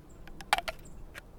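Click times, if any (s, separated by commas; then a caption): 0.5 s. A Morakniv Mora Kansbol fixed-blade knife is pushed into its plastic sheath until it locks in place. Faint ticks of the blade sliding in lead to a sharp, solid click at 0.5 s, followed by a smaller tick at 0.7 s and a light one at 1.2 s. The knife seats securely in the sheath.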